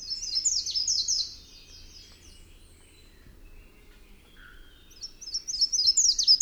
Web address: Birds of the Costa Rican Cloud Forest Song and call